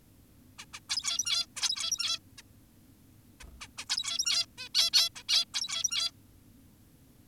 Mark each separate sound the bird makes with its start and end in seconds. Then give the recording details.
0.59-0.65, 0.74-0.80, 0.89-1.46, 1.57-2.19, 2.38-2.42, 3.40-3.44, 3.61-3.68, 3.78-3.85, 3.90-4.46, 4.58-4.69, 4.75-4.91, 4.93-5.10, 5.16-5.23, 5.29-5.45, 5.54-6.11. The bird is an adult. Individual g17y2U